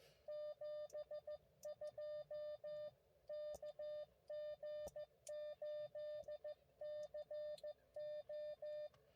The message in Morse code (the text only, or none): 72 KG8CO